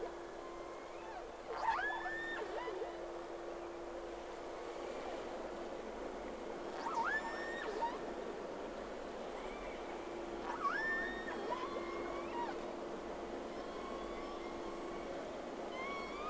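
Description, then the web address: Whale calls: upswept, harmonic-rich cries in three bursts several seconds apart, with shorter rising notes, over a steady hum and background hiss. Two whales, recorded 3 October 2006, round 1. "Sea Snake 10-3-06 Whales X 2 11-30 Round 1"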